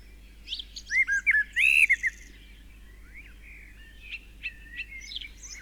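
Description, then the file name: Common blackbird song: a loud mellow fluted phrase with a sharp high twitter, followed by quieter whistled notes and thin twitters. "Turdus merula"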